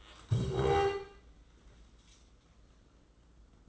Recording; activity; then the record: daily activity, microphone in the room; stand up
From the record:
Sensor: 3